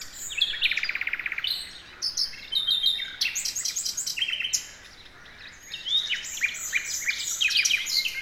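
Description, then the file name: Common nightingale song starting with a fast, loud series of repeated notes, followed by varied whistles, sweeps and rattling trills, with a short pause midway. "Luscinia megarhynchos"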